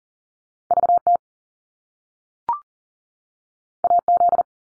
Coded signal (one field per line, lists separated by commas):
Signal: Morse code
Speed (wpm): 40 wpm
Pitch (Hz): 700 Hz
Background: none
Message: VT AZ